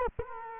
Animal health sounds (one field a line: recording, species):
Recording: mosquito wingbeat signal from an infrared sensor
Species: Culex quinquefasciatus